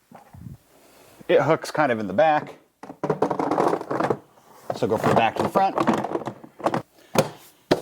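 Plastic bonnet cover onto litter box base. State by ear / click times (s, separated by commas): seated / 6.7 s, 7.2 s, 7.7 s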